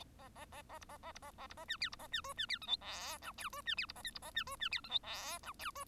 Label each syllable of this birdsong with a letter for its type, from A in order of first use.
A A A A B A A B A A B A C D B A C E C D F G H I J E C D B A K B A C E C D F G H I J E